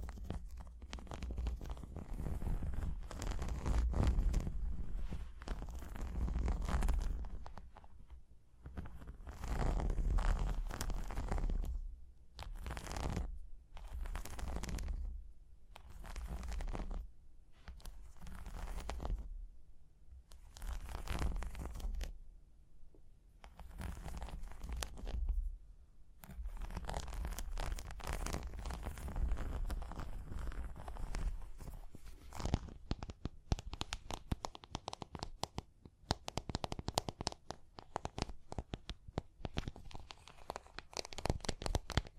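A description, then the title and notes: Tapping and scratching in irregular bursts, with rough, tearing scrapes separated by short pauses through the first half. After about 27 seconds the sound becomes denser and crisper, with quick taps and crinkly scratches running almost continuously, over a steady low rumble. Tapping and Scratching (No Talking).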